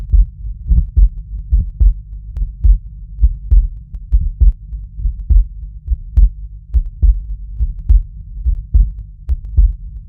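Deep, regular lub-dub thumps at about 71 beats a minute from a real adult heart, picked up through a homemade stethoscope. A steady low hum runs underneath the beats.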